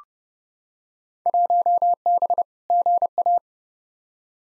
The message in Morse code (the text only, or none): 1B GA